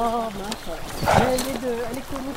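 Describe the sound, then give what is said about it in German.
Hooves of five Grand Noir du Berry donkeys plod along on a hike in a light, uneven clopping rhythm, partly buried beneath a steady speaking voice. “Auf unserer Wanderung begleiten uns 5 große Schwarze aus dem Berry, eine Eselrasse, die erst seit den 1980er Jahren wieder gezüchtet wird.”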